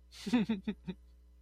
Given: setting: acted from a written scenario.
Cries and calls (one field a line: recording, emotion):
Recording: vocal sound without words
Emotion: sadness